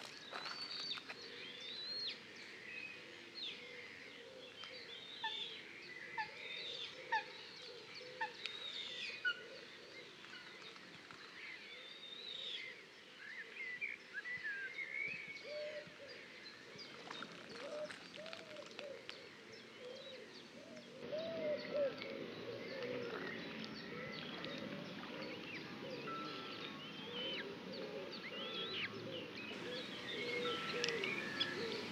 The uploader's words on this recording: Dusk at Rye Harbour Nature Reserve. It is the soundscape of a saltmarsh nature reserve - the daytime flora and fauna, birds, insects and landscape winding down before night time. Recorded by Mary Hooper.